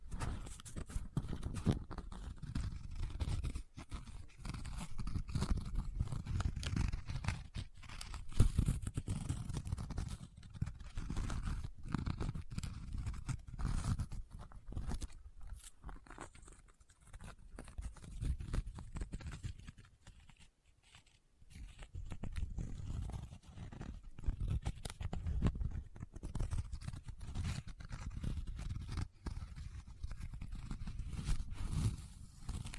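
Close-up paper being handled: dense, irregular crinkling and scratchy rubbing with many quick crackles and a heavy low rustle. The handling runs almost continuously, easing into a quieter stretch around twenty seconds before the crumpling and scraping pick up again.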